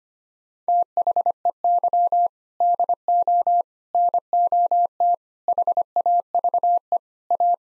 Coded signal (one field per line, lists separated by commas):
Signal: Morse code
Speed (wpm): 25 wpm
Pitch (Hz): 700 Hz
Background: none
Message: THEY DO NOT HAVE A